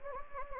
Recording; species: mosquito wingbeat signal from an infrared sensor; Anopheles gambiae